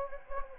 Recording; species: mosquito wingbeat signal from an infrared sensor; Anopheles gambiae